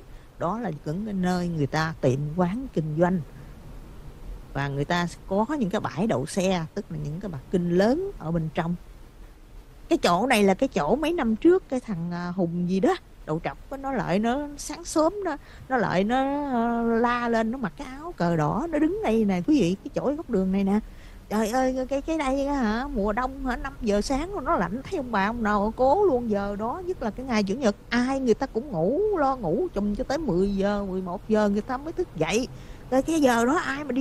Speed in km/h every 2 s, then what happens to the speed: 45, 44, 42, 44, 39, 34, 29, 23, 19, 19, 24, 26, 29, 34, 35, 35, 35.
0-7 steady at about 44. 7-16 slows to 19. 16-27 speeds up to 35. 27-34 steady at about 35.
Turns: none.